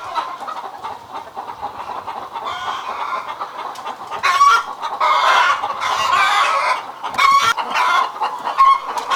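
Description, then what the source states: Chickens squawking and clucking together, quieter at first, then louder harsh outbursts from the middle onward. Several chickens, described as hysterical.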